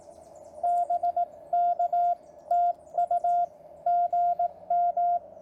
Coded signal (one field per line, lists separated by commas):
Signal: Morse code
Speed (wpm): 17 wpm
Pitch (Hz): 690 Hz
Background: none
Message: BK TU GM